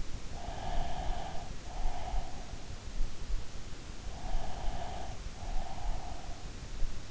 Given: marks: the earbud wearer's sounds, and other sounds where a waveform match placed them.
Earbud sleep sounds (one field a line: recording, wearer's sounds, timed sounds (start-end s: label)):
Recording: sounds in sleep by an in-ear microphone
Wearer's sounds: breath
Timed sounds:
0.68-2.68 s: breath
4.21-6.73 s: breath